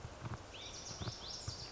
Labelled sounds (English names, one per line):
Lazuli Bunting